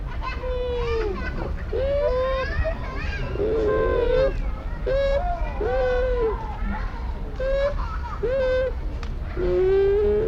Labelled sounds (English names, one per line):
Bush Dog